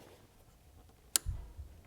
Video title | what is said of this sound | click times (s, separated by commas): Honda Accord - MISHIMOTO Air Intake (Install, Sound, & DYNO Tested!!!) // 10th Gen Honda Accord | Hear a satisfying click. | 1.2 s